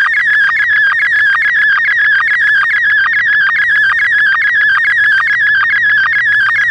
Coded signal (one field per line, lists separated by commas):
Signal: SSTV (slow-scan television)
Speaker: Received DTMF command number 20. SSTV test transmission.